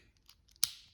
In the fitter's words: just slide it back in till you hear a little click like that, and you're good.